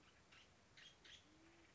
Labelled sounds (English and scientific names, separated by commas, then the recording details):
Band-tailed Pigeon (Patagioenas fasciata)
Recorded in Sonoma County, California